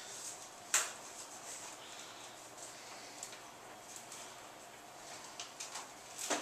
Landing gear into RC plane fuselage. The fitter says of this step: and it said that you should feel it clicking there it is it did